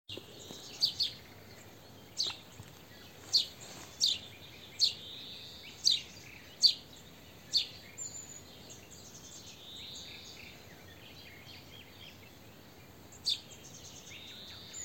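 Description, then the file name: A run of house sparrow chirps in the first half, then quieter, with a steady high hum and faint background calls. "Passer domesticus"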